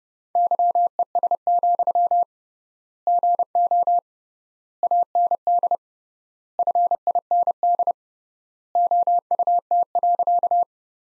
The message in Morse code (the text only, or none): YES, GO AND FIND OUT.